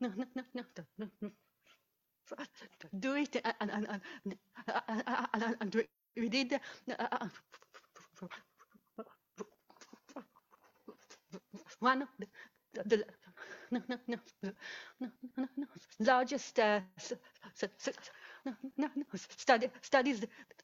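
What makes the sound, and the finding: Adult woman speaking. Stuttering.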